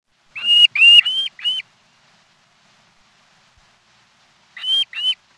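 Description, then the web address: Long-billed curlew calls: four quick whistled notes, each slightly upslurred, then a pause of about three seconds before two more similar whistles. "Peterson North American Birds. lbcu"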